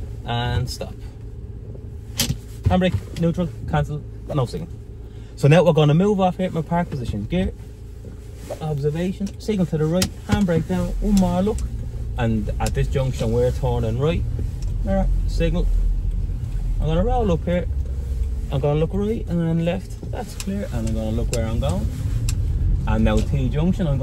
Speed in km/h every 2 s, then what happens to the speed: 2, 0, 0, 0, 0, 0, 2, 10, 10, 6, 5, 9.
0-12 standing. 12-14 pulls away to 10. 14-20 steady at about 6.